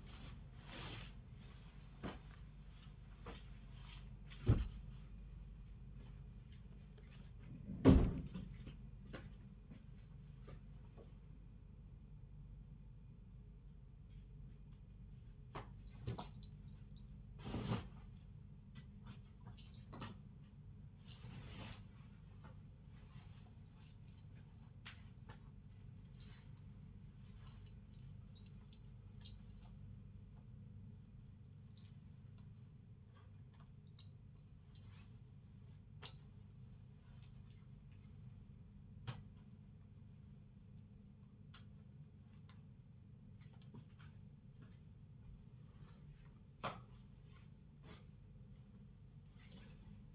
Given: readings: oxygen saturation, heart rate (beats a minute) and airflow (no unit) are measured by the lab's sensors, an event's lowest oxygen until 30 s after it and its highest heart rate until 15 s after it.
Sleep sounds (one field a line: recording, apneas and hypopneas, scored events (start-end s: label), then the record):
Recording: a person awake in a sleep study, by a smartphone at the bedside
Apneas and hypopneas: none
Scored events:
0.00-50.15 s: awake
From the record:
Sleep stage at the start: awake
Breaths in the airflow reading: 17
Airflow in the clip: -0.6 to 0.6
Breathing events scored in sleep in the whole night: 270 in 6.1 hours asleep